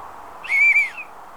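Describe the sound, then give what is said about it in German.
A person calling for help gives one loud, sustained whistle, a high steady note with a slight wobble, lasting under half a second over a low background hum. “Vielleicht hört mich jemand, wenn ich pfeife.”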